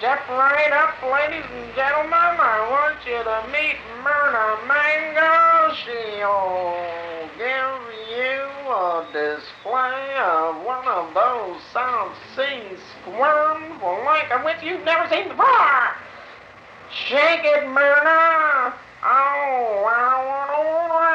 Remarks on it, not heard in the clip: Somniloquy, you call it. This is sleep talking. And you hear the musical quality of that dream. Often songs emerged in his sleep. So that's one example of melodies emerging in his sleep.